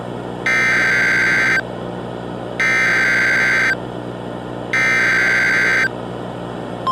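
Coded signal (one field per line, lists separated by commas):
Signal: Emergency Alert System (SAME) tones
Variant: header bursts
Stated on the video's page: Fictional EAS scenario using valid SAME tones.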